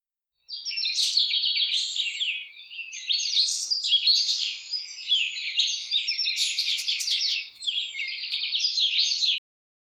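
Bird calls, a dense run of high twittering chirps and trills that continues for about nine seconds, with short pauses at about two and a half and seven and a half seconds.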